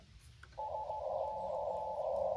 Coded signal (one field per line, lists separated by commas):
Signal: Morse code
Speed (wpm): 15 wpm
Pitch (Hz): 860 Hz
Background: none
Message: SK